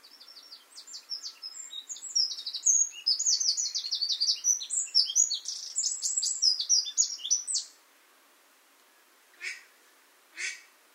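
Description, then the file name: Eurasian wren song: a long, dense run of rapid high notes for about seven seconds, followed by two short clicking sounds. "Troglodytes troglodytes"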